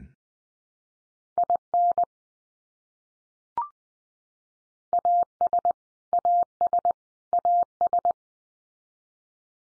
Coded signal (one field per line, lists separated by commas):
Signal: Morse code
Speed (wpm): 20 wpm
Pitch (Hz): 700 Hz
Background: none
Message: IN AS AS AS